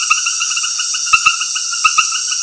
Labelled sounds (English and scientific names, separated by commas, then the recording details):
none
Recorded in dense forest near Puerto Asís, Putumayo, Colombia, on 20 February 2024 at 21:00
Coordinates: 0.496, -76.326
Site G6383